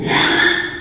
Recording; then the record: squeal of a Yucatan mini pig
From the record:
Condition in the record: after surgery on the right vocal fold (resection and tissue-engineered implant); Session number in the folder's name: 3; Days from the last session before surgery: 33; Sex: male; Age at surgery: 12 weeks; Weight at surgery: 13 kg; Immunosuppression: cyclosporine, prednisolone